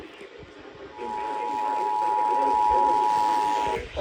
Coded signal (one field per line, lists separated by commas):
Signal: Emergency Alert System (SAME) tones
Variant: 853 and 960 Hz attention tone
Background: speech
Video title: EAS #3150-3157 Severe Thunderstorm Warning